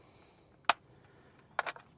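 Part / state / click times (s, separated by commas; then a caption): flight battery pack from RC helicopter battery bay / released / 0.7 s, 1.6 s. The plastic release tabs on the flight battery pack of an E200 UH-60 Black Hawk RC helicopter are pinched, and the pack slides out of the battery bay. A sharp click sounds at 0.7 s and another at 1.6 s, followed by a few fainter ticks. The battery latch releases and the pack comes free.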